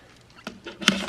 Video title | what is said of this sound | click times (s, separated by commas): How To Swap MK2 1.8t - The First Start - Pt 9 | need to make sure the math is in nice you heard that nicely clip in | 0.9 s